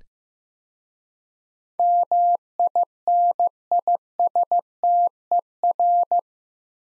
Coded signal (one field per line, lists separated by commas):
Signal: Morse code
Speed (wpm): 15 wpm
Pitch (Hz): 700 Hz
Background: none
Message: MINISTER